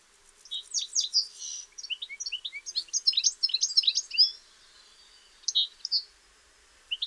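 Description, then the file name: European goldfinch giving a long, jumbled stream of high tinkling and buzzy twitters, then a few scattered single chirps near the end. "Carduelis carduelis"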